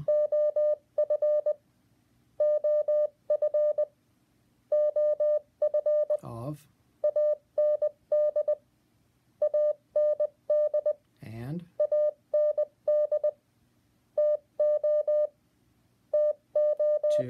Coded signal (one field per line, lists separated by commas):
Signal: Morse code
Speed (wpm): 20 wpm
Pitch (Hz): 600 Hz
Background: speech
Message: OF OF OF AND AND AND TO TO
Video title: Alexa Teaches Morse Code